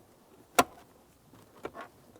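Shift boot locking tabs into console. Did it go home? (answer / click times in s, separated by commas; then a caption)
yes / 0.6 s. The shifter boot on a 2002-2009 Chevrolet Trailblazer is pressed down so its four locking tabs snap into the console. A sharp click at 0.6 s marks the tabs seating, followed by a fainter tick around 1.7 s and a soft rustle. The boot is seated.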